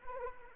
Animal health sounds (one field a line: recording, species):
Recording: mosquito wingbeat signal from an infrared sensor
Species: Anopheles arabiensis